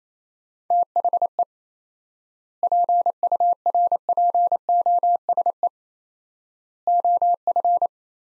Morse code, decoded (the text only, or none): THE PURPOSE OF